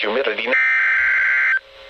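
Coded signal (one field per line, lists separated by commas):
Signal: Emergency Alert System (SAME) tones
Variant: header bursts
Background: speech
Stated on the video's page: Tornado Warning from Tropical Depression Delta, audio captured by an unattended audio recorder.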